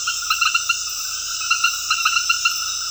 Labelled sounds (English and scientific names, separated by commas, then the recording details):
none
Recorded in secondary vegetation near Puerto Asís, Putumayo, Colombia, on 20 February 2024 at 22:00
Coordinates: 0.481, -76.323
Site G6376